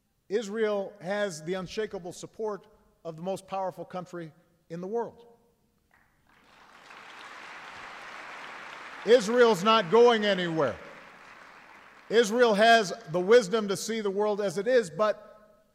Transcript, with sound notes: Israel has the unshakeable support of the most powerful country in the world. (Applause.) Israel is not going anywhere. Israel has the wisdom to see the world as it is, but